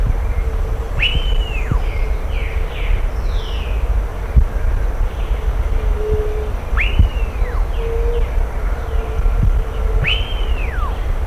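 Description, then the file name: Bird repeating a bright arched whistle three times, with soft descending notes in between and a continuous low rumble underneath. "SABIOD 50 bird 2015"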